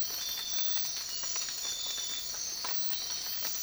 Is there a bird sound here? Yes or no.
no